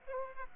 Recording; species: mosquito wingbeat signal from an infrared sensor; Aedes aegypti